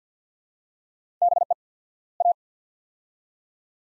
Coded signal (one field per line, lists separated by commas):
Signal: Morse code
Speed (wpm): 50 wpm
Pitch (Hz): 700 Hz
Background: none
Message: BE A